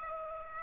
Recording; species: mosquito wingbeat signal from an infrared sensor; Aedes aegypti